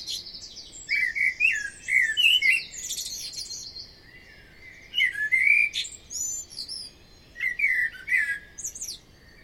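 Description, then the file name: Common blackbird singing rich, flutey phrases, each closing with high scratchy twittering; three phrases separated by short pauses. "Amsel"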